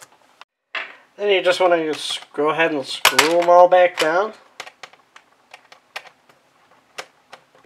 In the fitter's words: then you just kind of push it down make sure it gets locked into place then